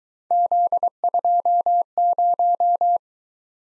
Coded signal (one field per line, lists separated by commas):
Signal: Morse code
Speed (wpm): 22 wpm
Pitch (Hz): 700 Hz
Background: none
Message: Z20